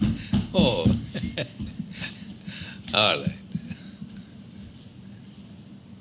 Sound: running continues; chuckles

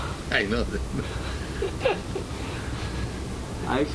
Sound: laughs

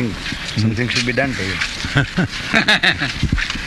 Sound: laughs

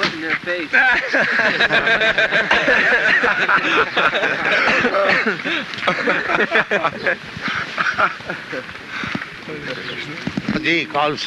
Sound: laughter

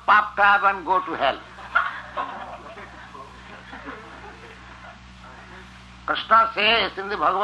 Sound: laughter

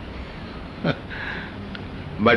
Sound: chuckles

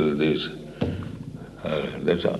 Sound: sounds of hand striking table

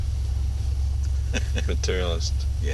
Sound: laughs

